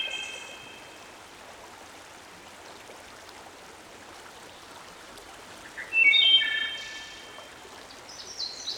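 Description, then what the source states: Wood Thrush delivers one ringing flutey phrase late on, then a thin high trill, after a long stretch of only stream noise and faint high notes. From Dan Gibson's Solitudes series, with a stream in the background.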